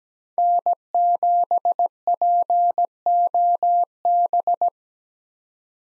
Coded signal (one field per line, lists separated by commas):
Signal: Morse code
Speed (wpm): 17 wpm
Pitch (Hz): 700 Hz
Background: none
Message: N7POB